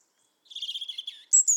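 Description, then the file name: European robin song fragment: a quick run of tinkling notes followed by a couple of very high, thin whistled notes. "Erithacus rubecula"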